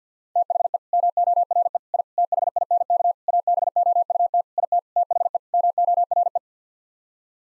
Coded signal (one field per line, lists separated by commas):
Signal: Morse code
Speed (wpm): 50 wpm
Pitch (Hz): 700 Hz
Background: none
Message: THE MORE I THINK ABOUT IT THE MORE